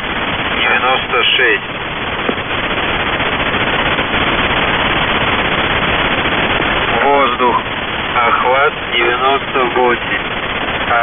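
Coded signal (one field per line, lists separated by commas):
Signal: channel marker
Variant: The Goose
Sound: bursts of goose-like honking cackles over hissing shortwave static, long static gap between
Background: radio static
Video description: "The Goose" is a Russian military station that broadcasts on 4310 kHz at daytime and on 3243 kHz at nighttime.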